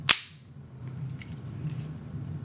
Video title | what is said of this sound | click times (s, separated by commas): 1914-1917 6.35 MM, .25ACP Mauser, "Pocket Pistol." | slide it back in when you slide it back in it locks | 0.1 s